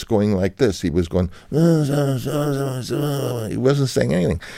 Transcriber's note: impersonating Italian accent